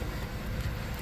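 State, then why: Not seated. Plastic trim clips on a steering column cover are being handled and pressed toward place. Only a steady low rumble is heard, with no click. Nothing has seated or clicked yet.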